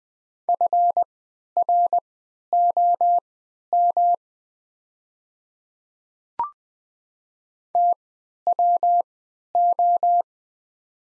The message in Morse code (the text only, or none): FROM TWO